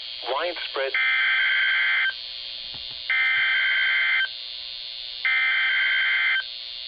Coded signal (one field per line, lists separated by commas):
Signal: Emergency Alert System (SAME) tones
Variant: header bursts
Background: speech